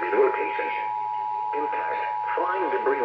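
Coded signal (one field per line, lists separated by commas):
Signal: Emergency Alert System (SAME) tones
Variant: 853 and 960 Hz attention tone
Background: speech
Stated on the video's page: Real severe weather alerts recorded from AM/FM broadcast stations and NOAA Weather Radio.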